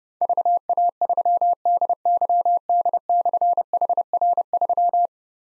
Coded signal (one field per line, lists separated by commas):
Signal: Morse code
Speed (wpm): 29 wpm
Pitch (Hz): 700 Hz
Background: none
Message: VA3DYD/HR3